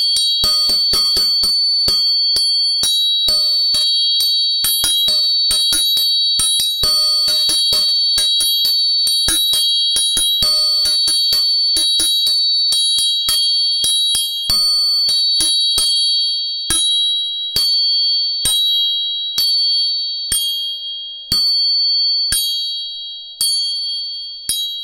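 Three tuning forks are struck over and over, leaving bright, sustained metallic tones that ring together and overlap. The taps come quickly and densely for the first fifteen seconds, then thin out to single strikes a second or more apart while the ringing lingers.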